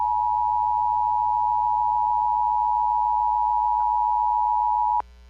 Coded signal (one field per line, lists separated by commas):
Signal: Emergency Alert System (SAME) tones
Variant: 853 and 960 Hz attention tone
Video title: (EAS #57) | Guam Flash Flood Warning on KGUM | 08/27/2020